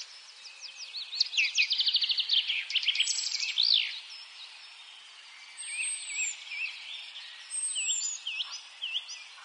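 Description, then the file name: Eurasian blackcap song, a fast chattering run of repeated notes, then looping whistled phrases, with long thin high whistles heard twice. "Sylvia atricapilla"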